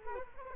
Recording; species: mosquito wingbeat signal from an infrared sensor; Culex quinquefasciatus